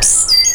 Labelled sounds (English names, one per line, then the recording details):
Stitchbird song
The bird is a male
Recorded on Tiritiri Matangi Island, New Zealand, in 2005
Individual 12, of nest box 16